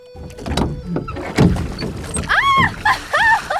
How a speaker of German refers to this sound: Hastig ergriff der Richter das Ruder und versuchte aufzustehen. Das Boot begann gefährlich zu schaukeln.